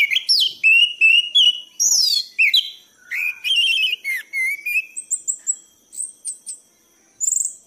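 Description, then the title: Thrush song: loud, varied whistled phrases, rising and falling slurs and rapid chattering notes, with short pauses between bursts and a high thin whistle near the end. Masteran song for tutoring cage birds; song style called gacor teler. "anis gacor teler"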